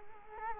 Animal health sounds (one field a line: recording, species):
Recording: mosquito wingbeat signal from an infrared sensor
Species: Culex quinquefasciatus